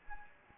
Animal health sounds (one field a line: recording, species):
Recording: mosquito wingbeat signal from an infrared sensor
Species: Anopheles gambiae